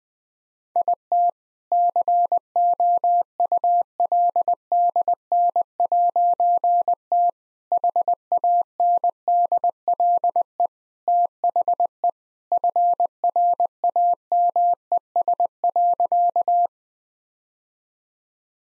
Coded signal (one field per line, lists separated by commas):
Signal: Morse code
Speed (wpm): 20 wpm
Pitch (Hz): 700 Hz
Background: none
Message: IT COULDN'T HANDLE THE FRAMES.